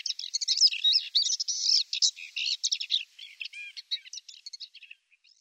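Paddyfield warbler delivering a fast scratchy warble that thins out into scattered, softer notes before fading to quiet.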